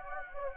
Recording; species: mosquito wingbeat signal from an infrared sensor; Anopheles gambiae